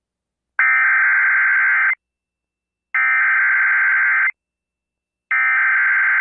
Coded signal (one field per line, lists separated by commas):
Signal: Emergency Alert System (SAME) tones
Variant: header bursts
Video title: Back For More? EAS Alerts From May 28-29, 2021 (EAS #1167-1176)